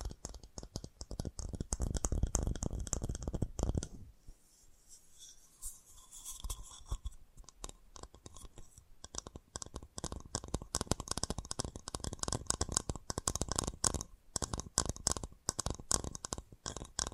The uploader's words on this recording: FAST TAPPING (No Talking).